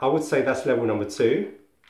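Someone talks while handling the legs of a Manfrotto Pixi Evo tripod, moving them toward the next stop of the tripod's detent mechanism. Nothing has clicked or seated into the detent yet.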